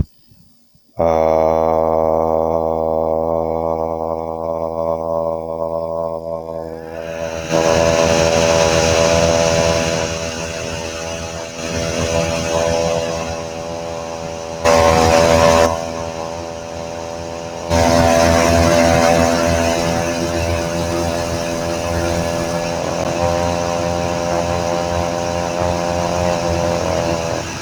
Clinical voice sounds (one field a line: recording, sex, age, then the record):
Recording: vowel held as long as possible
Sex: male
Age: 30 to 39 years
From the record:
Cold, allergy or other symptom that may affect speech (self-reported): no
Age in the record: 39 years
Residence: Virginia, United States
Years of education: 17